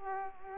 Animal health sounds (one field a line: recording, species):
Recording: mosquito wingbeat signal from an infrared sensor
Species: Culex quinquefasciatus